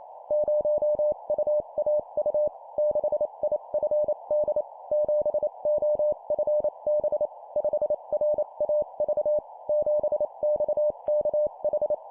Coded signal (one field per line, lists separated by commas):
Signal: Morse code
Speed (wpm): 28 wpm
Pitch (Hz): 600 Hz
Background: none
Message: 0UAU 6IFD 7OFB 5RAV 7XKH